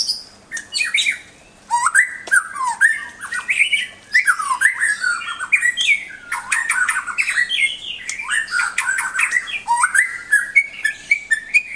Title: mster Mnuk. Suara Murai Batu Gacor Master untuk Melatih Ketangguhan Murai Baru Milik Anda